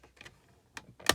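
A plastic bezel trim plate from an E30's six-button on-board computer is lined up on its four dash clips and pushed back into place. Faint light ticks come first, then sharp plastic snaps at 0.8 s and 1.1 s, the second the loudest, as the clips snap home and the plate is seated.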